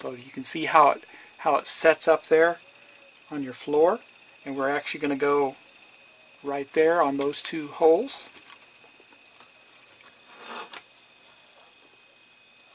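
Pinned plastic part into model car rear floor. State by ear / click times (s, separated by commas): seated / 10.8 s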